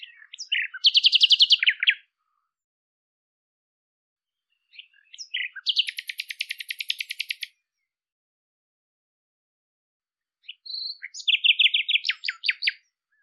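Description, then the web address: Bird song in three phrases with pauses between, each mixing brief chirps with a rapid buzzy trill of many repeated notes. "cianscape birddata Deverinetal 2025"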